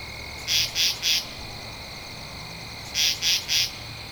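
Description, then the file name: Katydid producing two bursts of three harsh, buzzy pulses about two and a half seconds apart, over a soft high-pitched hum. Recorded 2 October 2012. "Katydid-20121002"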